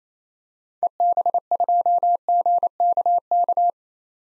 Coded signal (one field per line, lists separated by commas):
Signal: Morse code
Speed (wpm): 28 wpm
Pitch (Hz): 700 Hz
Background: none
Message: EB2GKK